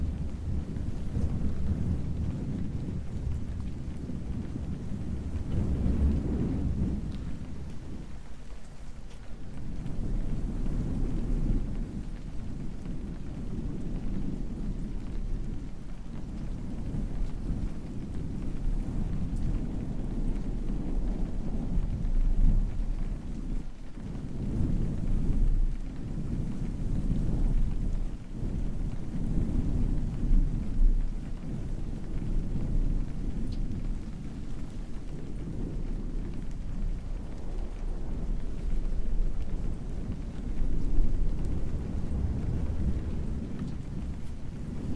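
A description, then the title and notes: Soft, muffled rustling rubs against the microphone, a continuous fluffy scratching that swells and eases in slow waves, weighted low and dull with little brightness. A faint patter like rain sits underneath, and no voices are heard. ASMR ear to ear soft fluffy sounds - pure fluffy mic, no talking, rain.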